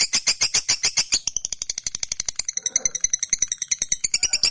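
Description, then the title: Lovebird chattering in quick, harsh, rattling notes, starting dense and loud then continuing as a rapid clicking series. Fighter-type lovebird giving a long chattering ngekek call. "Begitu Dengar Suara Lovebird FIGHTER NGEKEK PANJANG"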